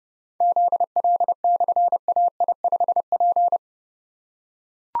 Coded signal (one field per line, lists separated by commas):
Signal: Morse code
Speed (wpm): 30 wpm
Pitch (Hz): 700 Hz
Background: none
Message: ZL/AI5P